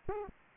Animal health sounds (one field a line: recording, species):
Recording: mosquito wingbeat signal from an infrared sensor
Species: Aedes aegypti